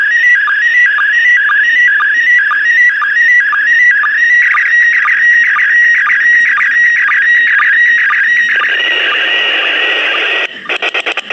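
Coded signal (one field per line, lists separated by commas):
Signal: SSTV (slow-scan television)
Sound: warbling whistle-like tone with steady rhythmic chirps about twice a second, then hiss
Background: radio static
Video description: Foi capturado áudio da transmissão em SSTV da ISS e registrado em vídeo. Deste áudio, via aplicação RX-SSTV, se decodificou a imagem.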